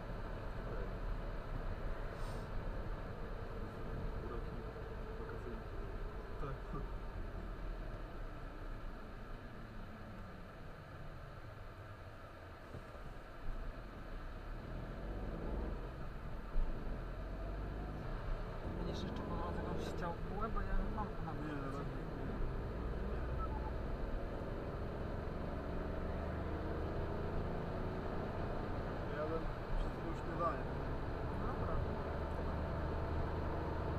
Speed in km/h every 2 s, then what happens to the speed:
53, 47, 41, 31, 19, 8, 8, 20, 28, 41, 45, 52, 61, 71, 75, 81, 87.
0-10 brakes to 8. 12-34 speeds up to 87.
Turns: none.